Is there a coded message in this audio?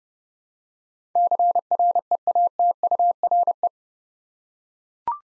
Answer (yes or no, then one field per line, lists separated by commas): yes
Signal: Morse code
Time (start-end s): 1.2-3.7 s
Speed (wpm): 30 wpm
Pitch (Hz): 700 Hz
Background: none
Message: CREATURE